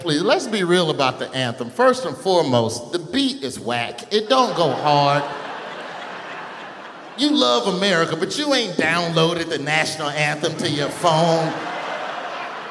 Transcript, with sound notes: please, let's be real about the anthem. First and foremost, the beat is whack. It don't go hard.
(LAUGHTER)
You love America, but you ain't downloaded the national anthem to your phone.